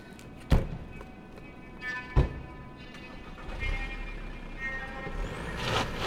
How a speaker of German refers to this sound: Sie rannte die Treppen hinunter, stürzte sich in das Auto und fuhr weg.